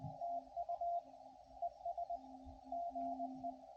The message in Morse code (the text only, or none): TU ES GE